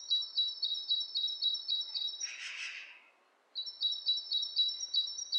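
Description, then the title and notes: Bird chirping in rapid, evenly spaced high notes, broken by a short rushing burst of noise and a brief silence before the chirps resume. Two birds interacting, lo-fi recording. "bird dialogs. lo-fi recording of two birds interacting"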